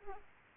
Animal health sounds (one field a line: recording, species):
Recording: mosquito wingbeat signal from an infrared sensor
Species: Aedes aegypti